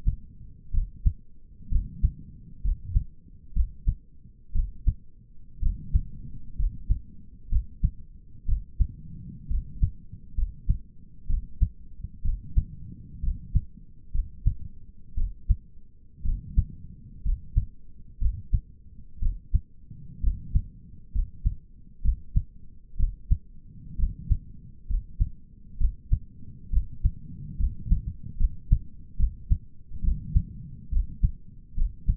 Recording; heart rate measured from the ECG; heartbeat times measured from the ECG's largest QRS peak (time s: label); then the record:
heart sounds by stethoscope; 64 bpm
0.73 s: heartbeat
1.71 s: heartbeat
2.64 s: heartbeat
3.55 s: heartbeat
4.55 s: heartbeat
5.62 s: heartbeat
6.58 s: heartbeat
7.51 s: heartbeat
8.48 s: heartbeat
9.50 s: heartbeat
10.37 s: heartbeat
11.29 s: heartbeat
12.24 s: heartbeat
13.23 s: heartbeat
14.14 s: heartbeat
15.17 s: heartbeat
16.25 s: heartbeat
17.24 s: heartbeat
18.21 s: heartbeat
19.21 s: heartbeat
20.23 s: heartbeat
21.14 s: heartbeat
22.04 s: heartbeat
22.99 s: heartbeat
23.98 s: heartbeat
24.89 s: heartbeat
25.80 s: heartbeat
26.72 s: heartbeat
27.59 s: heartbeat
28.39 s: heartbeat
29.19 s: heartbeat
30.04 s: heartbeat
30.92 s: heartbeat
31.77 s: heartbeat
From the record:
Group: healthy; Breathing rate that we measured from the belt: 17 breaths a minute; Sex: male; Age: 22 years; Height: 181 cm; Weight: 79 kg